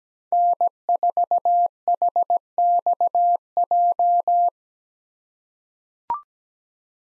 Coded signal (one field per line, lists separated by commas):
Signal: Morse code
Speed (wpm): 17 wpm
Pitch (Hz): 700 Hz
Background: none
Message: N4HXJ